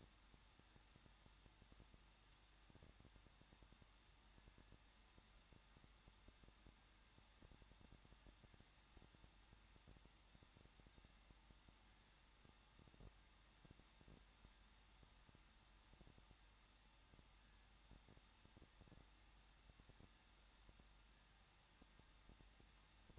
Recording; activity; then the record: daily activity, microphone in the room; no activity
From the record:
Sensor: 3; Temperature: 21.2 degrees Celsius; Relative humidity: 36.2%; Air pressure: 1006.4 hPa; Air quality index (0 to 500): 221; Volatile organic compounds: 39 ppm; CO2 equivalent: 3136 ppm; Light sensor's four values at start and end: 2/3/2/2 and 2/3/2/2